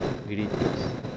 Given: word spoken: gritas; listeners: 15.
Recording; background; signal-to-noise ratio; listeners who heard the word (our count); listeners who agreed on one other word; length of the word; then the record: one Spanish word in noise, from a listening test; noise modulated by three-talker babble; -5.0 dB; 3 of 15; 10 of 15; 0.77 s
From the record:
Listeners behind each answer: 10, 3, 1, 1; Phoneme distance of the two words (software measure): 10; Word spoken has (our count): 2 syllables, 6 phonemes, stress on syllable 1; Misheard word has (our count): 2 syllables, 6 phonemes, stress on syllable 1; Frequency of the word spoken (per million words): 0.42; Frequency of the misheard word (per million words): 36.48